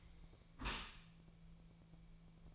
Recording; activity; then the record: daily activity, microphone in the room; close dishwasher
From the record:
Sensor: 1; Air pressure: 1000.5 hPa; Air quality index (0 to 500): 181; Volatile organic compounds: 4 ppm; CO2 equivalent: 1664 ppm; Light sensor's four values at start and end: 11/26/10/12 and 11/26/10/12